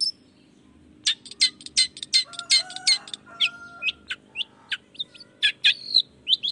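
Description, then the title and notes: Long-tailed shrike song of scratchy phrases with varied chips and whistles, with a faint steady tone and low background hum. In the morning, with 'toet toet' song variations, meant to stimulate a reluctant shrike into singing. "Cendet Gacor Dor Di Kala Pagi Toet Toet Variasi Suara J. Cendet Gacor Di Pagi Hari Rangsangan Emosi Cendet Malas Bunyi Supaya Secepatnya Ikutan Bunyi. Burung cendet"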